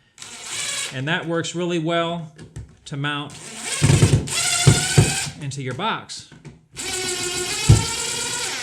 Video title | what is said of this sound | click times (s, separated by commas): You're Probably Using the Wrong Screwdriver for Electrical Work | You can even hear it camming out a little bit. | none